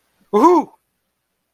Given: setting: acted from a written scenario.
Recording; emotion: vocal sound without words; elation